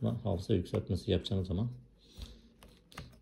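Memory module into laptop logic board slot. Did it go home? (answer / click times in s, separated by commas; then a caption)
yes / 2.9 s. Someone talks, then a memory/storage module is pushed into its slot on a MacBook logic board during an upgrade. A few faint knocks follow, and the module clicks into place at 2.9 seconds, seated.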